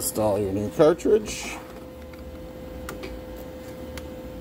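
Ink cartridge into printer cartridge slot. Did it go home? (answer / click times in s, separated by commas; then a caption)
yes / 2.9 s, 4.0 s. A new plastic ink cartridge is pushed into its slot in a WF C21000 printer, chip up and arrow pointing in, while someone talks at the start. Two sharp clicks follow at 2.9 s and 4.0 s as the cartridge seats home.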